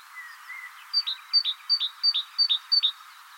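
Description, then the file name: Great tit singing a steady run of six two-note phrases, each a high thin note followed by a lower one, over faint background chirps. "Parus major"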